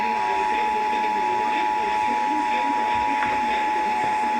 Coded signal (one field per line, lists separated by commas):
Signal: Emergency Alert System (SAME) tones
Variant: 853 and 960 Hz attention tone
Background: speech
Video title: EAS #187 Required Monthly Test